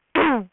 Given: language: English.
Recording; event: throat vibration sensor signal played as sound; throat clearing